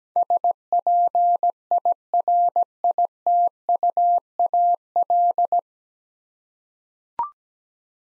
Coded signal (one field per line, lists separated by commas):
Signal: Morse code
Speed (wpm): 17 wpm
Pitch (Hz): 700 Hz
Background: none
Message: SPIRITUAL